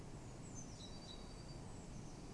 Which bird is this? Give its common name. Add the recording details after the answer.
Great Tit. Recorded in Germany. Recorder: ecoPi